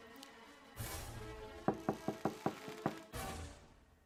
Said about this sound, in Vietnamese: Có ai ở nhà không? Cho tôi vào nhờ với. Tiếng gõ cửa vang lên trong bóng đêm làm cả ba tên giật mình.